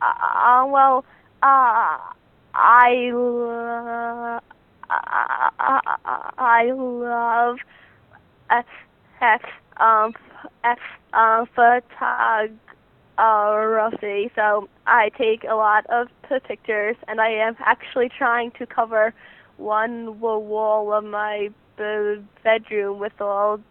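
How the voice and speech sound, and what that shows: A teenage girl's speech is broken by long silent blocks of up to two seconds, stretched sounds such as a held "l" in "I love", and a repeated "b-b-bedroom". Fluent bursts alternate with these stuttering moments.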